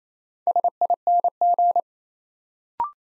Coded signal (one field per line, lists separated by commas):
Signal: Morse code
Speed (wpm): 29 wpm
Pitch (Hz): 700 Hz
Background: none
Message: SING